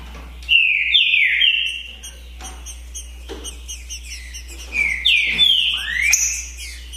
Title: TRINCA Piando, Cantando E Macheando Na DISPUTA. DISPUTA DE TRINCA FERRO NAVAL VS DEMOLIDOR 2022! TEMPORADA 2022!